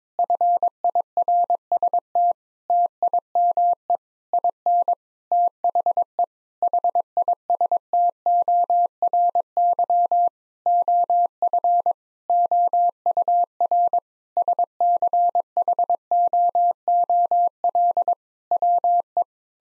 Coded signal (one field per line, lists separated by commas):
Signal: Morse code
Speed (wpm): 22 wpm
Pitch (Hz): 700 Hz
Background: none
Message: FIRST TIME IN THE HISTORY OF OUR SCHOOL WE